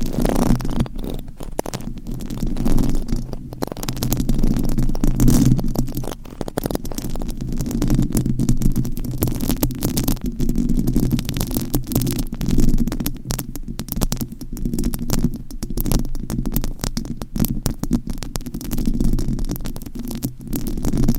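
Microphone scratching fills the 21 seconds: a dense, steady low rumble with rapid, irregular scratchy crackles layered over it. The rubbing never stops, thickening into busier bursts now and then, and the overall loudness stays fairly even throughout.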